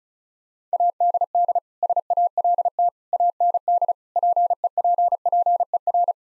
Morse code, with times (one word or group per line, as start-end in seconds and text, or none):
0.7-1.6 ADD
1.8-2.9 SALT
3.1-3.9 AND
4.2-6.1 PEPPER